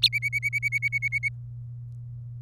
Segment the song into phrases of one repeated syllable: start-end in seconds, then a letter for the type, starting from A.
0.02-1.29 A